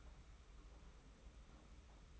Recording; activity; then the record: daily activity, microphone in the room; take from stove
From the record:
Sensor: 1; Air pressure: 991.1 hPa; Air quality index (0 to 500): 91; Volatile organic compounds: 34 ppm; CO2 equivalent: 3035 ppm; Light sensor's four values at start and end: 36/115/45/46 and 36/115/45/46